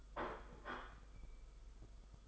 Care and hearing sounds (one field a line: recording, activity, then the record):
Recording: daily activity, microphone in the room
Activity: place plate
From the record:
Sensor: 5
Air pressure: 991.0 hPa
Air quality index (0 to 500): 138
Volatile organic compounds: 97 ppm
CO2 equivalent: 3733 ppm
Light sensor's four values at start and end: 38/120/46/49 and 38/120/46/49